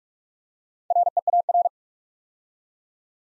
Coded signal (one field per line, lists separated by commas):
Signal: Morse code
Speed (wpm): 44 wpm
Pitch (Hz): 700 Hz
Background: none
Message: REAR